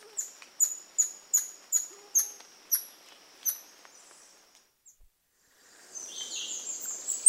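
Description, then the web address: Golden lion tamarin chirps: eight piercing high notes in a series, then a pause and a run of harsh, high sounds. South American rainforest primate. "Natures Songs S America Primates of the Rainforest Golden lion tamarin"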